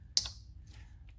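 A terminal lock on a Saab throttle body electrical connector housing is pushed the rest of the way home with an eyeglass screwdriver. A sharp click at 0.2 s shows it seating, with a faint tick near 1.1 s. The electrical pins are now fully locked into place.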